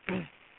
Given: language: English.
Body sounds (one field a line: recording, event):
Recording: throat vibration sensor signal played as sound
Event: throat clearing